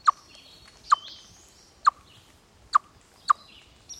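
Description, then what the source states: Chipmunk alarm call: short, sharp clucking notes given singly at uneven gaps of roughly a second. Alarm call given in response to an aerial predator.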